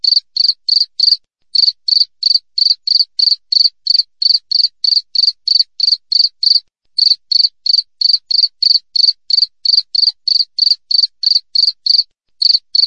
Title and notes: Masteran Jangkrik Alam Jernih, Jeda Rapat Cocok Untuk Masteran Burung Dan Mengusir Tikus. suara jangkrik